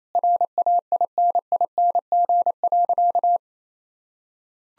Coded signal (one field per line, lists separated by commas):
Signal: Morse code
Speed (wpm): 28 wpm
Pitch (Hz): 700 Hz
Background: none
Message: RAINING.